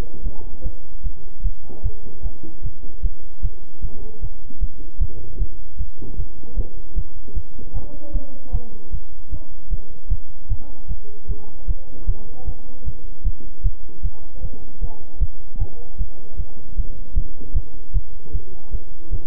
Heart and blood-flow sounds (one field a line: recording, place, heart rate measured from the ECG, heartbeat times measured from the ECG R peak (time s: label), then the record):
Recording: heart sounds by stethoscope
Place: between the tricuspid and mitral areas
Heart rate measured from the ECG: 153 bpm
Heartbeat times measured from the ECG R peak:
0.22 s: heartbeat
0.62 s: heartbeat
1.02 s: heartbeat
1.42 s: heartbeat
1.82 s: heartbeat
2.22 s: heartbeat
2.62 s: heartbeat
3.01 s: heartbeat
3.41 s: heartbeat
3.81 s: heartbeat
4.20 s: heartbeat
4.59 s: heartbeat
4.99 s: heartbeat
5.38 s: heartbeat
5.77 s: heartbeat
6.16 s: heartbeat
6.55 s: heartbeat
6.94 s: heartbeat
7.33 s: heartbeat
7.73 s: heartbeat
8.12 s: heartbeat
8.51 s: heartbeat
8.90 s: heartbeat
9.30 s: heartbeat
9.69 s: heartbeat
10.08 s: heartbeat
10.48 s: heartbeat
10.87 s: heartbeat
11.27 s: heartbeat
11.66 s: heartbeat
12.05 s: heartbeat
12.45 s: heartbeat
12.84 s: heartbeat
13.23 s: heartbeat
13.62 s: heartbeat
14.01 s: heartbeat
14.41 s: heartbeat
14.80 s: heartbeat
15.19 s: heartbeat
15.58 s: heartbeat
15.97 s: heartbeat
16.36 s: heartbeat
16.75 s: heartbeat
17.14 s: heartbeat
17.53 s: heartbeat
17.92 s: heartbeat
18.31 s: heartbeat
18.70 s: heartbeat
19.10 s: heartbeat
From the record:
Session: bicycle stress test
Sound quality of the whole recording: good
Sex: male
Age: 26 years